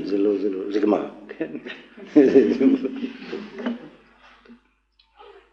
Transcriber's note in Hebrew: צחוק